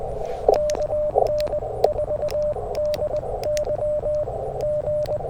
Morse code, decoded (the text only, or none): KN4DY G